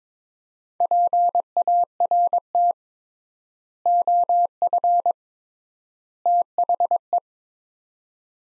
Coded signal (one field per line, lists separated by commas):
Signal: Morse code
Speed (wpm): 22 wpm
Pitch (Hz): 700 Hz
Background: none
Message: PART OF THE